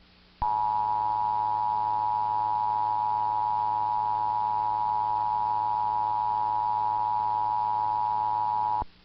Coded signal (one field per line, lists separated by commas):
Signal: Emergency Alert System (SAME) tones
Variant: 853 and 960 Hz attention tone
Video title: national eas test